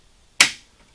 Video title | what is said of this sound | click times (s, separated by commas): Van's Service Bulletin SB00036 - Spar crack repair Part 4 of 4 | this basically snaps in place, picking up all the reference dimples. | 0.4 s